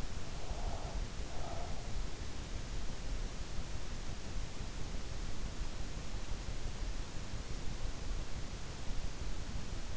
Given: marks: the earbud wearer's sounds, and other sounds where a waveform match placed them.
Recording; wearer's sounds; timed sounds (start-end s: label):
sounds in sleep by an in-ear microphone; breath
0.00-2.27 s: breath